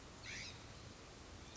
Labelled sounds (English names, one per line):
California Scrub-Jay